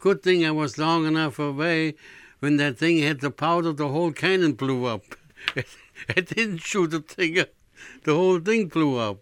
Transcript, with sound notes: Good thing I was long enough away when that thing hit the powder the whole cannon blew up. ( he laughs ) I didn't shoot the thing, the whole thing blew up.